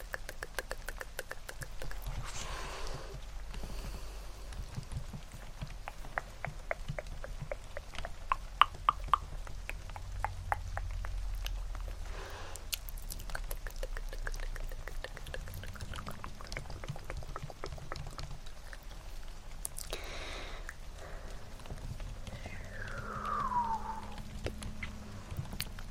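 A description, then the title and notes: Layered sounds mix a steady soft patter like rain with rapid, irregular clicks and taps resembling keyboard typing, busiest around 6–13 seconds. A low rumble runs underneath throughout, and a brief descending chirp appears near 23 seconds. ASMR Hand Movements + Layered Sounds (TkTk, Rain Sounds, Keyboard Typing).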